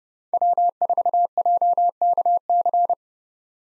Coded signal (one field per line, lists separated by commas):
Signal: Morse code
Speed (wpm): 30 wpm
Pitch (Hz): 700 Hz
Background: none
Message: W4JKC